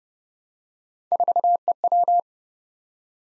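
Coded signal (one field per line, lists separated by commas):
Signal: Morse code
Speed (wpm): 30 wpm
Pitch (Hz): 700 Hz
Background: none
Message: 4EW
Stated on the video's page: Morse code head-copy drill at 30 wpm: random three-character letter-number groups, each sent, spoken, then sent again.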